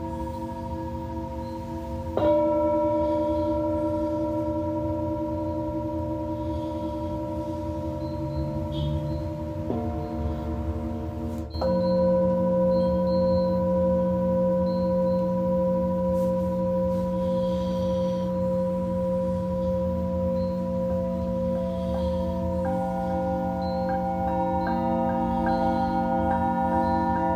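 Tibetan singing bowls ring out in long, steady sustained tones, with new bowls struck around 2, 10, 12 and 22 seconds, each adding a fresh layered pitch. The sound is full, mid-to-low in tone, with a soft low hum underneath throughout.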